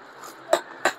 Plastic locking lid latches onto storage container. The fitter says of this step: lock हो गया यह कोई भी चीज आप रखना चाहे रख सकते हैं आसानी के साथ बच्चों के मतलब